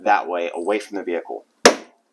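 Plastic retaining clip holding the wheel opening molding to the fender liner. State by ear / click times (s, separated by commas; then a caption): released / 1.7 s. On a 2021–2022 Honda Ridgeline, a yellow plastic retaining clip holding the wheel opening molding to the fender liner is pushed away from the vehicle while someone talks. A sharp pop sounds at 1.7 s as the clip releases, and the top portion of the molding comes loose from the fender.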